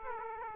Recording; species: mosquito wingbeat signal from an infrared sensor; Aedes aegypti